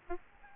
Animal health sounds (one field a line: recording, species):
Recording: mosquito wingbeat signal from an infrared sensor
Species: Aedes albopictus